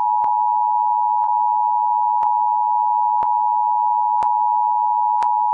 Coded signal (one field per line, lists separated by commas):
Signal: Emergency Alert System (SAME) tones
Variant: 853 and 960 Hz attention tone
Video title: Derecho Warning Initial Test (First EAS mock) *POSSIBLY VALID TONES*